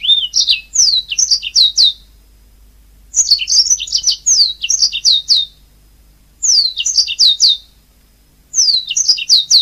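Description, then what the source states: Oriental magpie-robin song given as loud phrases of bright whistled notes, with quiet gaps between. Kacer song.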